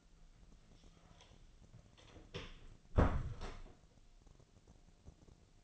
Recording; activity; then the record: daily activity, microphone in the room; close door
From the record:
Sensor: 4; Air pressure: 1001.2 hPa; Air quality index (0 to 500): 183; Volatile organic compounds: 2 ppm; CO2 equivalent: 1308 ppm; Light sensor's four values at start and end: 14/32/13/13 and 16/37/15/15